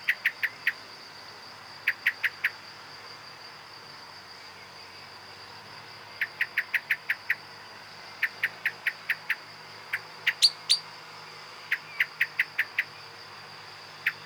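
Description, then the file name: Common blackbird calls: hard clicking notes in rapid runs of several, separated by irregular pauses, over a constant high background hum. "Turdus merula"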